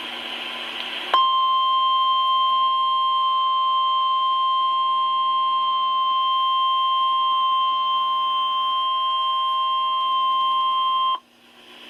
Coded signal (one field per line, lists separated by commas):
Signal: Emergency Alert System (SAME) tones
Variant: 1050 Hz attention tone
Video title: EAS Alerts from Severe Weather in Alabama and Florida (EAS# 30-42)